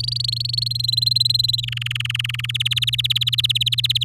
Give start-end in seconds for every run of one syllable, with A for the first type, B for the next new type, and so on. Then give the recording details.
0.00-0.86 A, 0.88-1.61 B, 1.63-2.51 C, 2.54-4.04 D. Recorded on 7 May 2018 at 14:56. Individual llb16